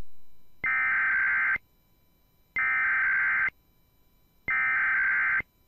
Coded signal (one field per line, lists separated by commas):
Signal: Emergency Alert System (SAME) tones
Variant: header bursts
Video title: Tests, Weather Alerts & More! (EAS 329-350) 9/20/2021 & 9/21/2021